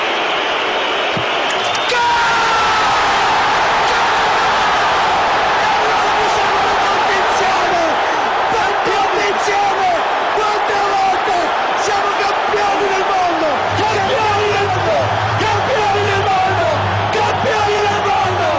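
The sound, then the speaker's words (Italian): A huge stadium crowd of Italy and France fans wearing their team colours roars continuously before the Italy-France World Cup final, with dense overlapping yells, whoops and shouts building after a brief opening lull; a low droning horn-like tone joins in toward the end. “I tifosi di entrambe le parti, eccitati sugli spalti con addosso i colori della loro squadra”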